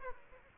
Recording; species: mosquito wingbeat signal from an infrared sensor; Aedes aegypti